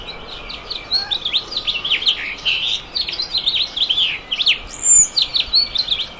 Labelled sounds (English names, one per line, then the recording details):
House Finch song
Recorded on Long Island, New York, on 23 June 2011
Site IT
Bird A